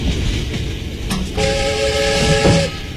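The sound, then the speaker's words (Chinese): A train travelling from Shanghai to Shaanxi rumbles steadily along the rails with a rattling, clacking undertone, and a sustained horn-like tone rises over the noise for about a second midway before fading back into the rumble. “6月17日，在上海开往陕西的火车包厢里，坐着衣冠楚楚、风度优雅的香港大老板。”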